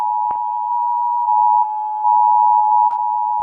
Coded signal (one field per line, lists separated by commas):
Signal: Emergency Alert System (SAME) tones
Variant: 853 and 960 Hz attention tone